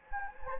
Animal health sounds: mosquito wingbeat signal from an infrared sensor; Anopheles gambiae

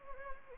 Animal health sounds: mosquito wingbeat signal from an infrared sensor; Anopheles gambiae

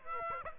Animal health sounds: mosquito wingbeat signal from an infrared sensor; Aedes aegypti

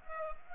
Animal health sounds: mosquito wingbeat signal from an infrared sensor; Culex pipiens

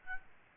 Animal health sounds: mosquito wingbeat signal from an infrared sensor; Aedes albopictus

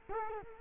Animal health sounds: mosquito wingbeat signal from an infrared sensor; Culex quinquefasciatus

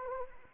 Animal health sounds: mosquito wingbeat signal from an infrared sensor; Anopheles arabiensis

